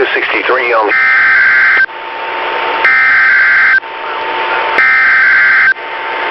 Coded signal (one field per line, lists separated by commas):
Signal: Emergency Alert System (SAME) tones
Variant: header bursts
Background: speech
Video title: November 27 required weekly test on 8 stations